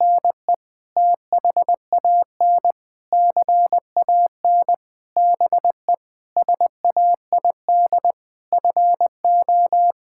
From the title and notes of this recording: Sets of 8 Words - 20wpm. First, the words are sent in Morse code.